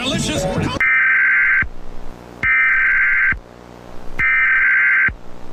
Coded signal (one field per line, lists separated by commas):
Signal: Emergency Alert System (SAME) tones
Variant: header bursts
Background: speech